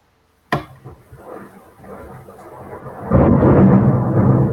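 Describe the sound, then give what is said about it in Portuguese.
Heavy rain and thunder: a sudden sharp crack gives way to a low rolling rumble that builds, then a loud, steady roar of downpour takes over for the rest. No voices. “Tá chovendo aqui, bem brabo.”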